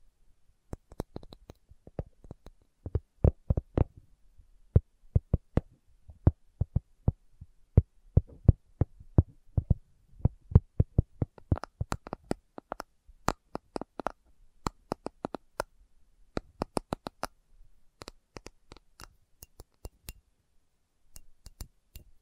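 Slow tapping in uneven bursts, sharp dry knocks spaced irregularly, sometimes in quick clusters, with a faint low hum between taps.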